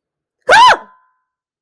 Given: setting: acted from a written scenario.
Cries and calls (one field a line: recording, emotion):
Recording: vocal sound without words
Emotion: fear